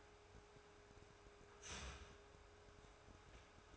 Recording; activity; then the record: daily activity, microphone in the room; start toaster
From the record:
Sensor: 2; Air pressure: 1014.6 hPa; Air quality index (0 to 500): 198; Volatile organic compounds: 21 ppm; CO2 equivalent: 2710 ppm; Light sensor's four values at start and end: 4/9/3/3 and 4/9/3/3